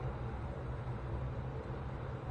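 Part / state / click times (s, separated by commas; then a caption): snap ring onto front axle shaft in locking hub / not seated / none. A steel snap ring is handled and lined up on the end of the front axle shaft in a Warn locking hub during reinstallation on a Scout 80, before being pushed home into its groove. Only a steady low rumble with a hum around 100–150 Hz is heard for the full 2.4 seconds, with no sharp sounds. Nothing has seated or clicked yet.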